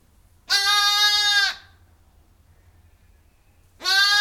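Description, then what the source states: Sheep bleating: one long, steady, tonal bleat of about a second, then quiet, then a second bleat starting at the end. A ewe outside gives occasional replies, recorded from inside a barn.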